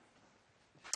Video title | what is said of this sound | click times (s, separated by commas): Check out our M-CUBE® Power Tools Demonstration! | so you can see that mechanism there okay clicking it in place and again | 0.9 s